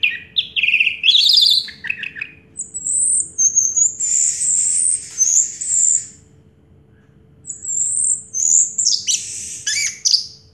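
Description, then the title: Orange-headed thrush song with varied slurred notes, then long thin high whistles sustained for seconds. Recording played to coax a silent orange-headed thrush into singing. "Anis Merah Macet.. Pancing Dengan Suara Ini.. 100 Ampuh. # Anis Merah"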